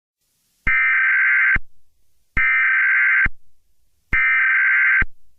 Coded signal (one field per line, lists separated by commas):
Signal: Emergency Alert System (SAME) tones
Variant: header bursts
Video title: Grug The EAS Scenario (#101)